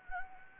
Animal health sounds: mosquito wingbeat signal from an infrared sensor; Anopheles gambiae

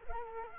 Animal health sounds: mosquito wingbeat signal from an infrared sensor; Culex quinquefasciatus

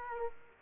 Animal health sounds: mosquito wingbeat signal from an infrared sensor; Aedes aegypti

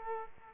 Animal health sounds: mosquito wingbeat signal from an infrared sensor; Aedes aegypti

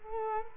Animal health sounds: mosquito wingbeat signal from an infrared sensor; Culex quinquefasciatus

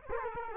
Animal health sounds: mosquito wingbeat signal from an infrared sensor; Culex quinquefasciatus

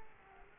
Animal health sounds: mosquito wingbeat signal from an infrared sensor; Culex quinquefasciatus

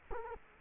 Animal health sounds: mosquito wingbeat signal from an infrared sensor; Culex quinquefasciatus

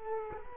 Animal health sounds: mosquito wingbeat signal from an infrared sensor; Culex quinquefasciatus

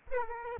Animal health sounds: mosquito wingbeat signal from an infrared sensor; Aedes aegypti

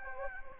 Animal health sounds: mosquito wingbeat signal from an infrared sensor; Anopheles gambiae

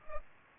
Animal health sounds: mosquito wingbeat signal from an infrared sensor; Culex pipiens

